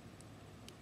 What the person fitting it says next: just a tiny little tick and it pops in there so that's done